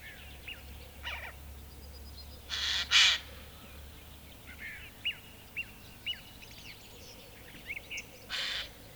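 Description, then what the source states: Eurasian Jay making harsh, noisy screeches, a double burst and then a single one near the end, among scattered thin chirps of other small birds. Field recording from Finland, issued on cassette in 1987.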